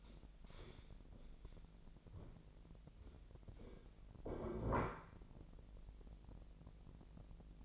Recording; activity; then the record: daily activity, microphone in the room; stand up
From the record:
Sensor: 5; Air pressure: 1001.7 hPa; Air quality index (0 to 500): 249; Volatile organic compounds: 31 ppm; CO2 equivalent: 2986 ppm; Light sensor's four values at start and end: 46/107/44/45 and 46/107/44/45